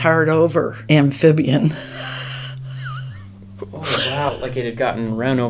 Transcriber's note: laughs